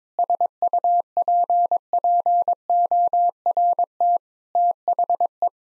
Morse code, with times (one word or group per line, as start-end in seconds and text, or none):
0.2-4.2 SUPPORT
4.6-5.5 THE